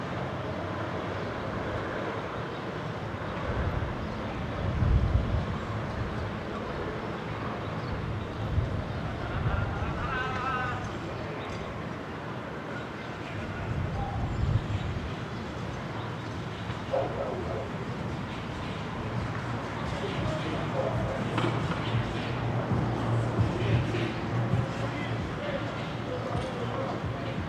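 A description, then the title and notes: Exterior ambience from a Brooklyn roof: a steady, dense city wash with traffic rumbling below and faint voices drifting through. Louder swells of passing vehicles come around 5, 10 and 14 seconds, with brief higher tones and chatter scattered throughout. Ext, Brooklyn Roof.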